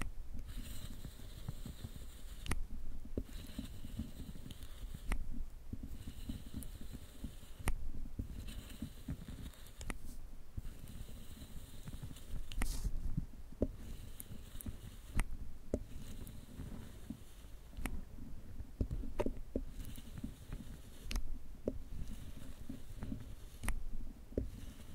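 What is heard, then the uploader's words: Wood burns with a steady low, muffled roar underneath a constant patter of small crackles. Sharper, brighter pops break through every few seconds, around 3, 8, 13, 15 and 18 seconds, and the fire stays fairly even in loudness throughout. ASMR Relaxing Wood Burning Sounds for Sleep (No Talking).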